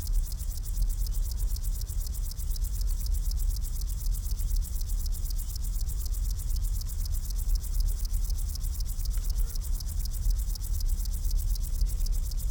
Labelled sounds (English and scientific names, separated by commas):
Upland Field Grasshopper (Chorthippus apricarius) stridulation